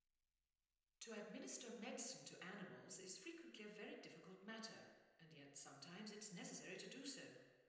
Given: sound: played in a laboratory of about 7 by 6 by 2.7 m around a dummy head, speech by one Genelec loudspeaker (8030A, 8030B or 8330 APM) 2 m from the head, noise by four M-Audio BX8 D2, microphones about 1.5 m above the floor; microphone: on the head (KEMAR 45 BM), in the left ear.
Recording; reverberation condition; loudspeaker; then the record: female speech in English; high; 30 degrees to the left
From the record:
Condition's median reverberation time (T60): about 1300 ms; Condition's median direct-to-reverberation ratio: about -4.0 dB